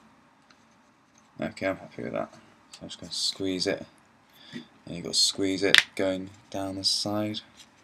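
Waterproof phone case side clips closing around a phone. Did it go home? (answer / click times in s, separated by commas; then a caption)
no / none. Someone talks while getting ready to squeeze down the sides of a plastic LifeProof waterproof phone case so its side clips close around a phone, with only faint ticks near 0.5 and 1.2 s. The case is being handled but nothing has clicked or seated yet.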